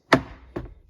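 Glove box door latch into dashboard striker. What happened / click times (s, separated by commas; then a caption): The glove box door latched shut / 0.1 s. A plastic glove box door on a 2023-2025 Toyota Prius Hybrid / Prius Prime is closed after reinstallation during a cabin air filter replacement, its latch hitting the dashboard striker. One loud, sharp latch hit at 0.1 seconds is followed by a fainter knock near 0.6 seconds. The latch catches and the glove box is closed.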